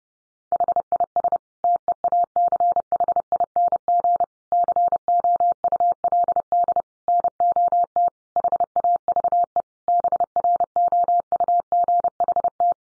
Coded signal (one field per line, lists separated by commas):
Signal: Morse code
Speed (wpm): 30 wpm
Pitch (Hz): 700 Hz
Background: none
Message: HIS TEACHING COULD NOT HAVE BROUGHT